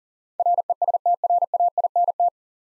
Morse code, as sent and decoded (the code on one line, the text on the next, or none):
.-. . ... - .-. .- .. -. -
RESTRAINT